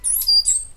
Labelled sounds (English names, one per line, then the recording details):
Stitchbird song
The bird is a male
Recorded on Tiritiri Matangi Island, New Zealand, in 2005
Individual 8, of nest box 10